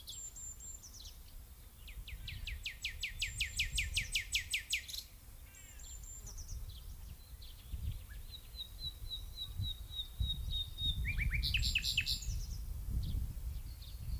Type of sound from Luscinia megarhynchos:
song